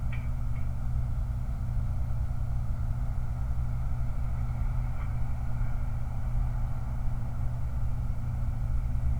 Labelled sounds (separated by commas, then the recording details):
truck
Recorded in the Prudhoe Bay oil fields, Alaska, on 29 July 2019
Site 29